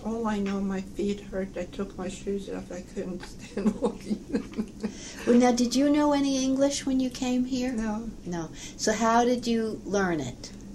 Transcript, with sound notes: All I know, my feet hurt—I took my shoes off, I couldn't stand walking in them (laughs)
Now did you know any English when you came here?
No.
No. So how did you learn it?